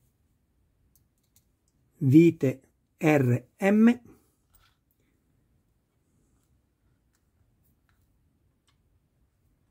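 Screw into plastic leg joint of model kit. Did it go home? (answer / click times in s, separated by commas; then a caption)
no / none. A small screw is lined up in the hole of the plastic left foot joint of a RoboCop model kit, where it meets the left calf, and is checked for a proper fit before being screwed in. Someone talks from about 2 to 4 seconds, and faint short ticks occur around 0.9, 1.4, 4.6, 7.9 and 8.7 seconds in otherwise near-silence. Nothing has seated or clicked yet.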